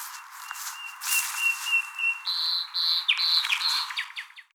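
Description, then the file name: Common nightingale song: a long, soft, level whistled note repeated quietly, then louder, higher piping whistles and a few sharp clicking notes. "Luscinia megarhynchos"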